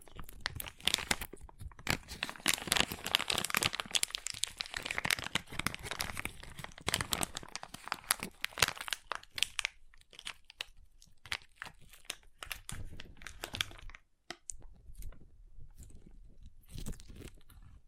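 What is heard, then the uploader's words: Crunchy slime being squeezed and pressed, giving dense crackling, crinkling pops that run almost continuously through the first nine seconds. After that the crunches thin out into separate sharp clicks and short bursts, with quiet gaps between them, especially around fourteen seconds. ASMR Satisfying Crunchy Slime (No Talking).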